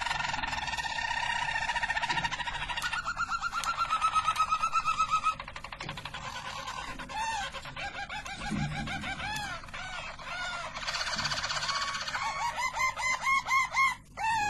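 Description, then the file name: Harz Roller canary song: a held rolling tour, a long trill, then varied repeated arched notes. Belgian Harz Roller canary. "canto do canario belga harz roller"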